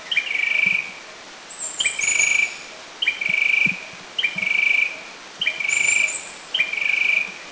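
Philippine tailorbird call series: a short clear note then a buzzy rattling trill, repeated at a steady pace several times, with a few faint high sounds behind.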